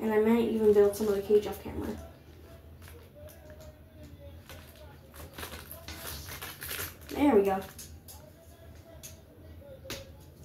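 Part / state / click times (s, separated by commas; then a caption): plastic connector onto wire cage grid panels / seated / 9.9 s. While assembling a guinea pig cage, a plastic connector is pushed onto the wire grid panels. Someone talks, with some quieter handling sounds in between. A single sharp snap at 9.9 s marks the connector seating into place.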